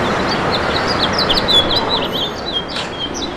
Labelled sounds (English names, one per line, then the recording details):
House Finch song
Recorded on Long Island, New York, on 1 June 2012
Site JH
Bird D